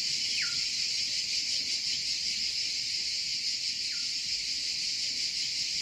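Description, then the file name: Cicada song, an even high rasping drone, with two short downward-sliding whistles about three and a half seconds apart. "CICALE"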